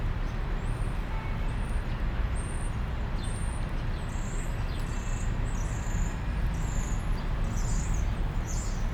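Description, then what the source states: European starling calls, high drawn-out whistles repeated many times, over constant heavy traffic noise. Starlings in plane trees, Parc Pierron, Molenbeek-Saint-Jean, Brussels, Belgium; city park with cars, trams and bikes; recorded with Lom mikroUsi AB microphone into Deity PR-2.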